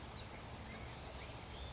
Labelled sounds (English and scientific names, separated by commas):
California Towhee (Melozone crissalis)